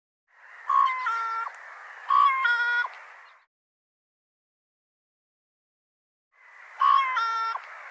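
Bird calls in a pair of nasal two-part notes, a pause of about three seconds, then one more identical call.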